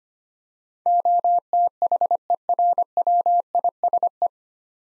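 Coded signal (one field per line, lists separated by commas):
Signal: Morse code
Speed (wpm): 25 wpm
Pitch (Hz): 700 Hz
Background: none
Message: OTHERWISE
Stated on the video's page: Morse practice, 25 wpm, 9-letter words built 3 letters at a time.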